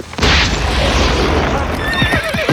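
A rocket carried in the cart guarded by Mulan accidentally fires at the Tung Shao pass, igniting with a loud, sustained roaring whoosh that stays steady for about two seconds, ending with thin, high whistling streaks and a horse-like whinny over the rumble.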